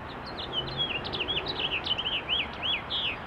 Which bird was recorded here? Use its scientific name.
Haemorhous mexicanus